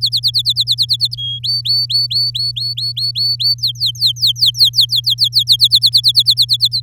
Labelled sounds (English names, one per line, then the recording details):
Domestic Canary song
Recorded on 7 May 2018 at 16:05
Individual llb16